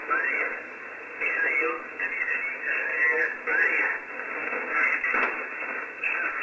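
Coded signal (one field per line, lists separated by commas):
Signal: coded military voice message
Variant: UVB-76, Russian voice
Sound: faint voice reading through heavy shortwave static and fading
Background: radio static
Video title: UVB-76, "The Buzzer", 4625 kHz, Encrypted transmission in Russian, UTC 2015-10-29 17:17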